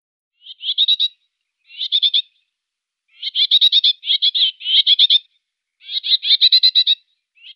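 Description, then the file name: Common whitethroat giving harsh, buzzy, rasping churrs in short pulsed bursts, several bursts across the stretch, some running together; no other sounds. "Greater Whitethroat"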